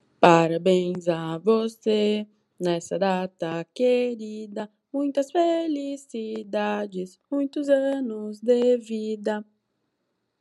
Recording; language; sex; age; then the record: short text; Brazilian Portuguese; female; 20 to 29 years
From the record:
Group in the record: control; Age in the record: 25 years